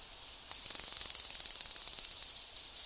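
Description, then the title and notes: Gilded sapphire call: a fast, even series of very high, thin ticking notes running for about two seconds, then two brief separate bursts at the end. "Hylocharis chrysura. Áudio do pio do beija-flor-dourado . Fonte: WikiAves"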